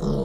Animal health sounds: pig call; piglet (1 to 25 days)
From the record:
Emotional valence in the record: negative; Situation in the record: long isolation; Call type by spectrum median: low-frequency call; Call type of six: low-frequency stable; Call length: 0.25 s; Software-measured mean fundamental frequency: 67 Hz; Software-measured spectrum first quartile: 145 Hz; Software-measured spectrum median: 268 Hz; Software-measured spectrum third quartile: 516 Hz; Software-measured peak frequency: 191 Hz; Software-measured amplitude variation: 81 dB a second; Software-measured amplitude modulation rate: 25.6 a second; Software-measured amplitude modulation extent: 3.1 dB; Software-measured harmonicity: -0.7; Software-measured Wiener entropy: -0.71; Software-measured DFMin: 1642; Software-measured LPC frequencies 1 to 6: 436, 1151, 3184, 3849, 5232, 6494 Hz

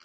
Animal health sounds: pig call; piglet (1 to 25 days)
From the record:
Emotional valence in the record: positive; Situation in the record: short reunion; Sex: female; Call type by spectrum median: high-frequency call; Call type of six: low-frequency tonal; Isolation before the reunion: 3 minutes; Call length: 0.05 s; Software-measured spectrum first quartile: 1634 Hz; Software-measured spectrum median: 2991 Hz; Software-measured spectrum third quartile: 4777 Hz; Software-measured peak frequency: 1435 Hz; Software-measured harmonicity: -0.7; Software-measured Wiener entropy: -1.22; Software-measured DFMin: 850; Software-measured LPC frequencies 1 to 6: 1356, 2255, 2977, 4271, 4782, 5895 Hz

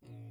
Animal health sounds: pig call; weaner (32 to 43 days)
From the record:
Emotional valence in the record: negative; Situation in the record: restrain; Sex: male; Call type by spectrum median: low-frequency call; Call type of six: low-frequency stable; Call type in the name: low-frequency stable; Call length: 0.31 s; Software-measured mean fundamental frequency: 54 Hz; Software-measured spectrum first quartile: 114 Hz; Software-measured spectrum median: 161 Hz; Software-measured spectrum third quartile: 393 Hz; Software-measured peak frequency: 117 Hz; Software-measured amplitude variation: 65 dB a second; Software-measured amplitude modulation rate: 22.5 a second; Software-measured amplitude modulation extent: 2.9 dB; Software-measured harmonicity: 2.3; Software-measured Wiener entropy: 0.63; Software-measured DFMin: 1168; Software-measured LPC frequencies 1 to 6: 2528, 3667, 4749, 7229, 8794, 9469 Hz

